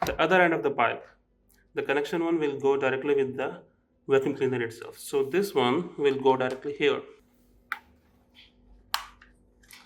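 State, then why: Seated. Someone talks while the connector end of a Panasonic vacuum cleaner's hose is pushed onto the plastic pipe. After a sharp tap at 7.7 s, a crisp click at 8.9 s confirms the connector is seated and perfectly inserted, followed by a few faint small ticks.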